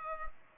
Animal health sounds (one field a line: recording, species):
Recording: mosquito wingbeat signal from an infrared sensor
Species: Culex pipiens